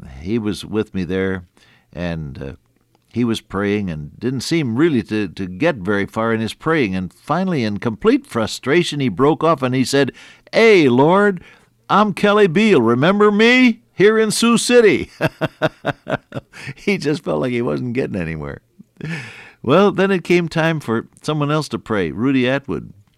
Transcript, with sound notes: he was with me there and he was praying and didn’t seem really to get very far in his praying, and finally in complete frustration he broke off and he said, “Hey, Lord, I’m Kelly Beale, remember me? Here in Sioux City!” [laughter] He just felt like he wasn’t getting anywhere. Well, then it came time for someone else to pray, Rudy Atwood,